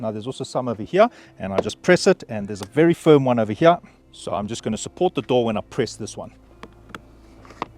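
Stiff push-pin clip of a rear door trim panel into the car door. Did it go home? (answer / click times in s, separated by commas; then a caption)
no / none. A man talks while refitting the rear door trim panel on a Mazda CX-60, pressing its push-pin clips into the car door and getting ready to support the door and press a very firm one. A few faint, short taps are heard near the end as the panel is handled, but nothing has seated or clicked yet.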